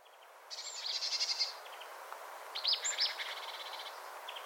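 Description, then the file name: Marsh tit calls: two bursts of rapid, buzzy chattering notes high in pitch, each lasting about a second, with a few sharp chips between. "Poecile palustris"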